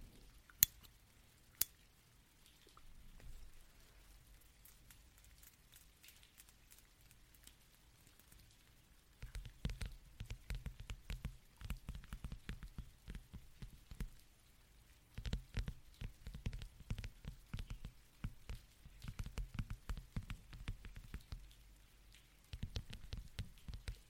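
Rain pattering on a surface, starting quiet for the first several seconds with only two sharp clicks near the start. From about nine seconds, dense, irregular drops set in with low thudding hits, coming in heavy bursts separated by brief lulls.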